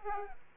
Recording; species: mosquito wingbeat signal from an infrared sensor; Aedes aegypti